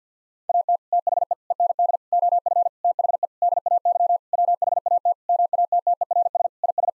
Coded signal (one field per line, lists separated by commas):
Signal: Morse code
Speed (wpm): 50 wpm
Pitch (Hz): 700 Hz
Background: none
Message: AT THE END OF THE DAY WHAT MATTERS IS